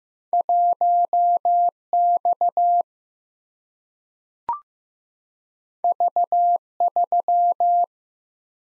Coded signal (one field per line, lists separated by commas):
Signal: Morse code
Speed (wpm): 15 wpm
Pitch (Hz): 700 Hz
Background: none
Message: 1 X V 3